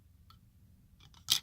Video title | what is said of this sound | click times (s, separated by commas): Dlink DCS-2310L Cameras | Snaps in place there. | 1.3 s